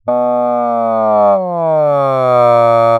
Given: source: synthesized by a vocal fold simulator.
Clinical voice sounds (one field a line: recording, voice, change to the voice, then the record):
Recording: sustained vowel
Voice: male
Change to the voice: asymmetry, level 39 of 51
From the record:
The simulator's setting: 4.80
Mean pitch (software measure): 126 Hz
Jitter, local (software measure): 0.24%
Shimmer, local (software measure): 1.7%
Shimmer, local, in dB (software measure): 0.14 dB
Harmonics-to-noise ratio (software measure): 30.4 dB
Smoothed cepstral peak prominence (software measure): 23.1 dB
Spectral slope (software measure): -19.1 dB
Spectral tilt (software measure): -13.0 dB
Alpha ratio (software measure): -9.5 dB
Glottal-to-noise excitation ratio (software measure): 0.960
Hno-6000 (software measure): 2.7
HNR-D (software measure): 28.4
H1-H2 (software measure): -4.4 dB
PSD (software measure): 1.2e-03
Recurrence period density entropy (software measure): 0.113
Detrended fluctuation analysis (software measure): 0.0432